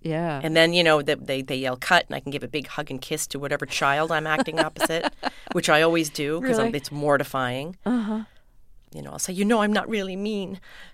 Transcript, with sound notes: And then, you know, they yell cut and I can give a big hug and kiss to whatever child I'm acting opposite, which I always do.
(LAUGHTER)
Really?
Because it's mortifying. You know, I'll say, you know I'm not really mean.